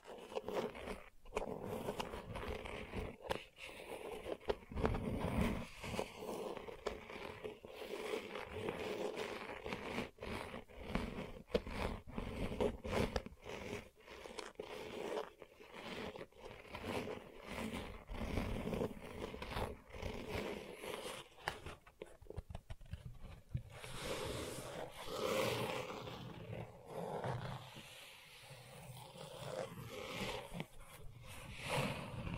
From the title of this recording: ASMR Gentle Scratching